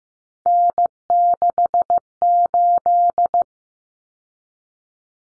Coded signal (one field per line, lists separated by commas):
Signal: Morse code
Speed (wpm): 15 wpm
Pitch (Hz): 700 Hz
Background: none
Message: N68